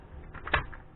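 During reassembly of a Citadel Boss 25 magazine-fed shotgun, a part, likely the magazine, is pulled down and worked against the receiver, with soft handling rustles around it. A single sharp, muffled click at 0.5 s marks the part locking into place, and faint handling noise follows as it settles.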